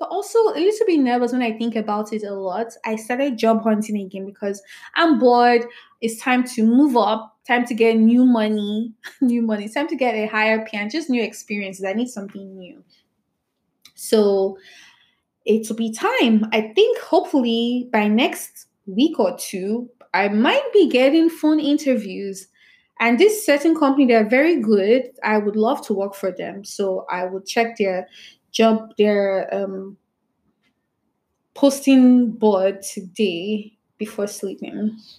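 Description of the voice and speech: Adult woman who stutters, speaking with a repeated phrase, stretched sounds, fillers and long pauses, consistent with mild stuttering; her stuttering increases when she is nervous, as in interviews.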